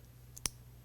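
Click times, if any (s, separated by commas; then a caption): 0.5 s. The slanted end of an extended G43 Extra Power magazine spring is pressed into the polymer magazine follower. A faint tick comes at 0.4 s, then a sharp, bright click at 0.5 s as the spring end snaps in, over a steady low hum. The spring is seated and captured in the follower.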